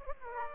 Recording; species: mosquito wingbeat signal from an infrared sensor; Aedes aegypti